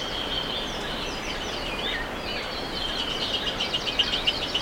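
Birds chirping in a thick chorus, ending in a run of quick repeated high notes over steady insect hum.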